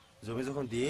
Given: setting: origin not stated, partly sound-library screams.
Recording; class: one-second piece from a danger detection set; normal situation